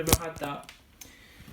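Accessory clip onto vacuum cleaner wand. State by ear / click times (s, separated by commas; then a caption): seated / 1.0 s. Someone talks as an accessory clip is pushed onto the plastic wand tube of a Sebo K1 Pastel Pink vacuum cleaner. A single faint tick is heard at 1.0 s, and the clip seats on the wand.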